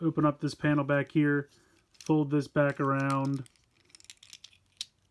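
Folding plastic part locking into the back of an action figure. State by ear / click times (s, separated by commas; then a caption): seated / 4.8 s. A rear panel on the back of a plastic action figure is opened and a part is folded back around while someone talks, followed by a series of small plastic clicks and rattles. The folding plastic part clicks into place with the loudest, sharpest hit at 4.8 seconds, seating the toy's transformation gimmick.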